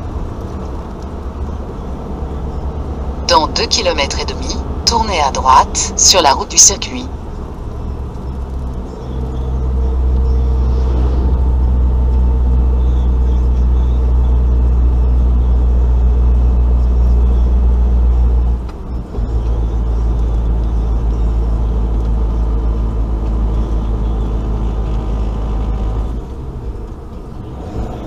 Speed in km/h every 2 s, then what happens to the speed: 67, 62, 48, 57, 54, 51, 48, 46, 47, 47, 46, 44, 42, 40.
0-4 brakes to 48. 4-7 speeds up to 57. 7-14 slows to 46. 14-20 steady at about 46. 20-28 slows to 40.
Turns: none.